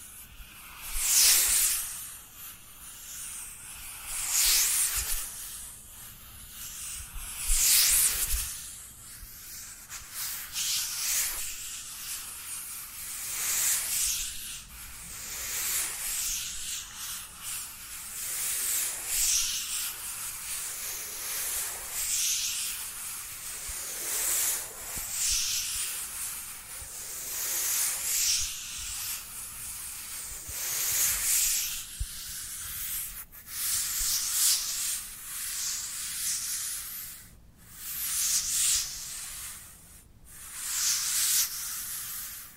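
Dry hands rub together in repeated back-and-forth strokes, each a bright, papery swish that swells and fades roughly every two to three seconds. The rubbing is steady and unhurried throughout, with a few sharper brushing snaps near the end.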